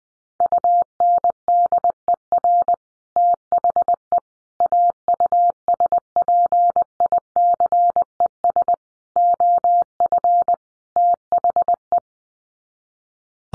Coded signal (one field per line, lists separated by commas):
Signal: Morse code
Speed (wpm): 20 wpm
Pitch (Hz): 700 Hz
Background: none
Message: UNDER THE AUSPICES OF THE